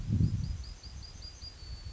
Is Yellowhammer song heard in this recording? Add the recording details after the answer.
yes. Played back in forest. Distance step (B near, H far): G. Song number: 057